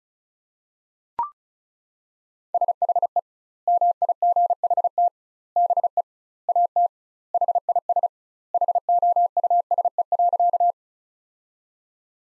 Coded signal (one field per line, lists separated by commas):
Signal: Morse code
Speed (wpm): 36 wpm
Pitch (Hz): 700 Hz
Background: none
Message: SHE MIGHT BE AT HIS HOUSE.